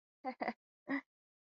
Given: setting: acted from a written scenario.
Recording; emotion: vocal sound without words; interest